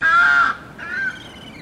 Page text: Birds Ibis Australian White Mixed Honk. Birds from South Australia